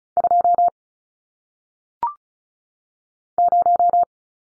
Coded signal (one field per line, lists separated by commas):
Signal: Morse code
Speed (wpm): 36 wpm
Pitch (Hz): 700 Hz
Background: none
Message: 2 0